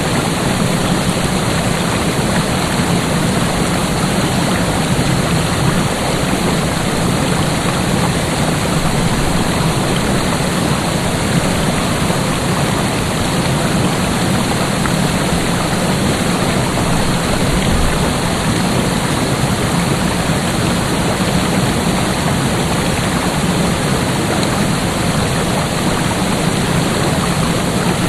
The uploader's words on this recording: Dingman's Creek and Deer Leap Falls. Recordings made by Dan Bodah in Childs Park, Dingmans Ferry PA, summer 2008.